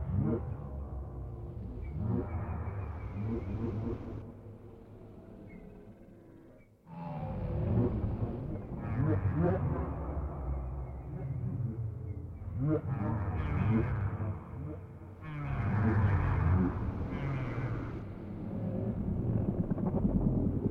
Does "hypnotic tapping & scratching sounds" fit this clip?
no